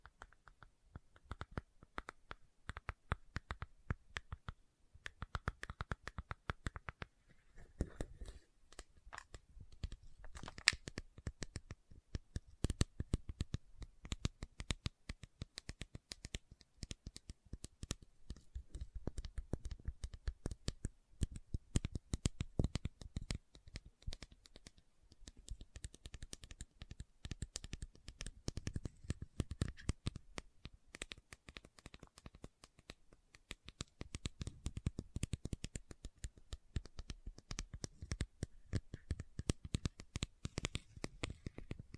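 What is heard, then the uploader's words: Bottles are tapped in quick, uneven clusters of sharp clicks and knocks that run throughout, never settling into a steady beat. The taps are bright and dry, sometimes thick enough to blur together and sometimes thinning to short gaps. No other sounds stand out. Bottle Tapping.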